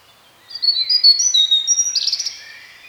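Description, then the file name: European robin song: a short burst of thin, high whistled notes blending into a brief, fluttering warble. "Erithacus rubecula"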